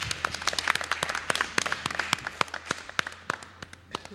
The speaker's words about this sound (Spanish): Un aplauso, venga, que lo he intentado.